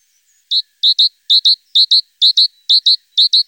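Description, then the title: Great tit song: a loud, steady series of paired high notes, the two-note phrase repeated about twice a second, ringing and evenly rhythmic. Recorded in Germany, Austria or Switzerland. "Kohlmeise"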